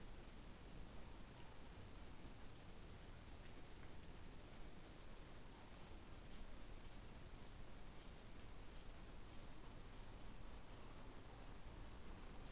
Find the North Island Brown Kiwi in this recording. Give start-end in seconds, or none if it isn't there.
none